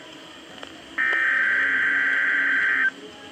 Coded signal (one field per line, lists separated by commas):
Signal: Emergency Alert System (SAME) tones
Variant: header bursts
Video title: 2018 Iowa Tornado Drill tests on TV and radio (EAS #499-516)